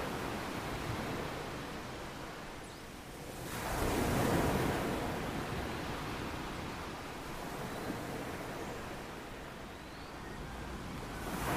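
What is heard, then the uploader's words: Ocean waves wash in a steady, dense hiss that fills the whole clip. One fuller wave swells and breaks around the four-second mark, louder and brighter, then recedes into a softer, even roar that rises gently again near the end. Relaxing Blissful Ocean Waves for Sleep.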